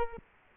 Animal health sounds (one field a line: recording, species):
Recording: mosquito wingbeat signal from an infrared sensor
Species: Culex quinquefasciatus